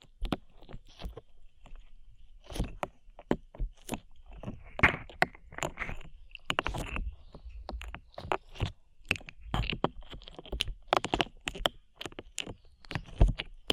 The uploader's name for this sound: ASMR SLIME